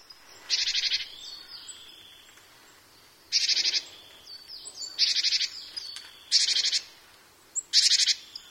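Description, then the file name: Japanese tit giving harsh buzzy bursts, each about half a second long and repeated at uneven gaps. "shijukara"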